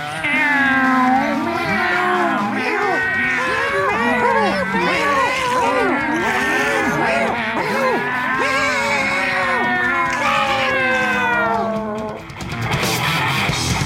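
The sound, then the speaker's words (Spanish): A loud chorus of many cats meowing at once, their overlapping cries rising and falling in pitch without pause for about twelve seconds before a brief burst of noise. “¿Y eso que solo nos escuchan cuatro gatos? ¡Meow!”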